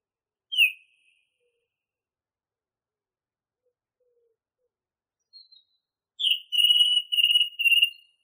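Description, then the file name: Song thrush song: one sharp whistle, a long gap, then a scratchy phrase repeated in quick succession several times. Masteran recording used for training songbirds. "suara masteran songthrush"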